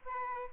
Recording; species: mosquito wingbeat signal from an infrared sensor; Aedes albopictus